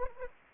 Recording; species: mosquito wingbeat signal from an infrared sensor; Anopheles gambiae